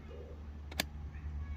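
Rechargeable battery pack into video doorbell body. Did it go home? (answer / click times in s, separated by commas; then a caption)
yes / 0.8 s. A charged rechargeable battery pack is slid into the bottom of a Ring Doorbell 4 video doorbell body. A faint tick at 0.7 s is followed by a sharp click at 0.8 s over a low steady hum. The battery pack is seated.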